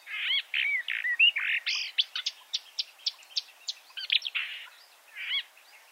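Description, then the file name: Marsh warbler song, a hurried, varied medley of twanging slurred notes, short buzzes and clipped chirps. "suara-kicauan-burung-marsh-warbler -omkicau"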